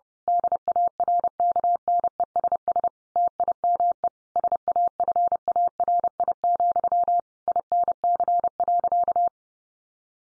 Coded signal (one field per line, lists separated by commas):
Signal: Morse code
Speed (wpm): 30 wpm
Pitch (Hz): 700 Hz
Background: none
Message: DARKNESS TIME SAFARI, INC.